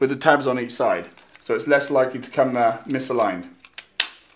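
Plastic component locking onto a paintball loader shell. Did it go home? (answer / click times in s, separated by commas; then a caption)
yes / 4.0 s. Someone talks while a plastic component of an Empire Prophecy Z2 paintball loader is pressed down onto the loader shell. A faint tick sounds at 3.8 s, then a sharp click at 4.0 s as the part snaps down and locks solidly into place.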